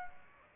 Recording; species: mosquito wingbeat signal from an infrared sensor; Aedes aegypti